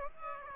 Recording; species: mosquito wingbeat signal from an infrared sensor; Aedes aegypti